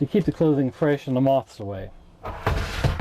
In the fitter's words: again the tops simply snap in place and the smaller containers